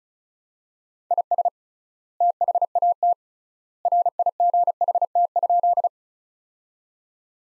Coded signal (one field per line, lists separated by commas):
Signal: Morse code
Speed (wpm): 36 wpm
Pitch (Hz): 700 Hz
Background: none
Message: IS THAT RIGHT?